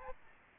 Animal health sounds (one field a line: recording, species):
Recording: mosquito wingbeat signal from an infrared sensor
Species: Aedes albopictus